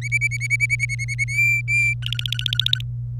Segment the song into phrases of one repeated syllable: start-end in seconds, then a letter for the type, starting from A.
0.01-1.24 A, 1.28-1.94 B, 2.02-2.81 C